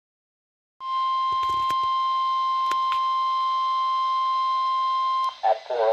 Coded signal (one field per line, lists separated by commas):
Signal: Emergency Alert System (SAME) tones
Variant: 1050 Hz attention tone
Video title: [EAS #114-141] June 21st, 2021 Severe Weather Event